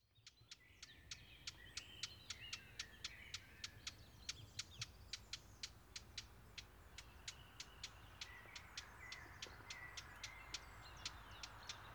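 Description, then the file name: Eurasian blackcap giving hard, dry tack calls repeated steadily about three times a second, with other birds singing softly behind and a low rumble. "Sylvia atricapilla"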